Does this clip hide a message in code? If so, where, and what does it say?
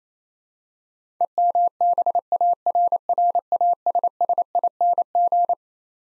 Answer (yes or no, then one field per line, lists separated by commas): yes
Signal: Morse code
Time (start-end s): 1.2-5.5 s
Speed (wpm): 28 wpm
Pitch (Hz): 700 Hz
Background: none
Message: EMBARRASSING